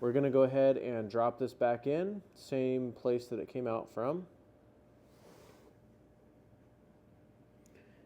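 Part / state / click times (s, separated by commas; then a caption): spark plug into mower cylinder head / not seated / none. Someone talks for about four seconds while a new spark plug is dropped by hand back into the plug hole in a Honda mower engine's cylinder head, ahead of being threaded in. The rest of the clip is quiet low background with only a faint brief tick near the end, and nothing has seated or clicked yet.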